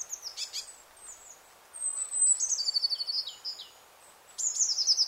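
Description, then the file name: Eurasian blue tit calling, a high thin whistle followed by a rapid, rattling trill of repeated notes, then another high burst at the end over light background noise. "Cyanistes caeruleus"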